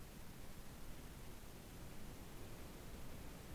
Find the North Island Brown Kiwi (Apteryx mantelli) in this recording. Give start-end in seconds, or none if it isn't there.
none